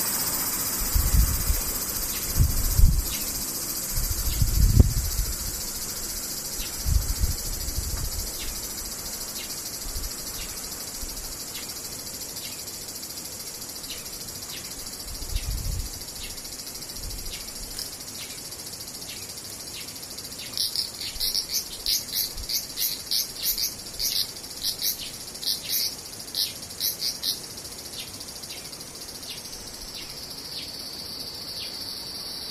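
Cicadas buzz in a steady high hiss throughout, with a burst of rapid, pulsing chirps from about 20 to 27 seconds. Low thumps and rumbles come in the first few seconds and again around 15 seconds.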